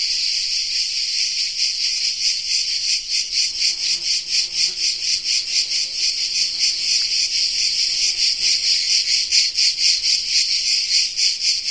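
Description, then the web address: Cicada singing a loud high rasping buzz with a steady pulsing beat; faint low tonal sounds appear briefly in the middle. Cicada of the genus Tettigia recorded in the Peloponnese in the morning. "Peloponnes akustik au Tettigia Cicada morning"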